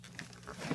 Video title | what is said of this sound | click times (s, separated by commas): 2005 Nis Maxima Coil Pack Install Pt6 | when you get the right one it's like riding and you hear it click | 0.2 s